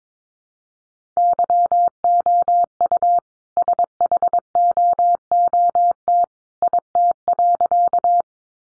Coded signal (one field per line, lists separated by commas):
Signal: Morse code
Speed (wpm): 22 wpm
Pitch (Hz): 700 Hz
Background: none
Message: YOU SHOOT IT.